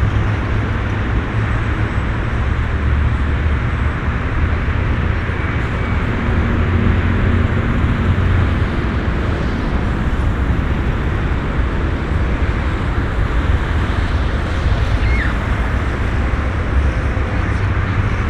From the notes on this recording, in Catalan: enregistraments de camp d’entorns medioambientals en procés de canvi irreversible